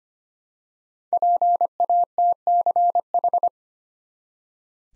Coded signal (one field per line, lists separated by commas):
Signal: Morse code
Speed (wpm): 25 wpm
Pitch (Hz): 700 Hz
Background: none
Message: PATCH